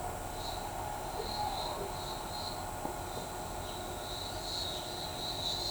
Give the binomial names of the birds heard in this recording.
none